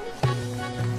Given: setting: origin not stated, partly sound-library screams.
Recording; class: one-second piece from a danger detection set; normal situation